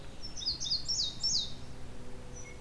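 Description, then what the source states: Indigo Bunting song, a quick run of high, sweet notes lasting just over a second, with a faint thin note afterward and a low background hum. Male singing right above the recordist on a dead tree.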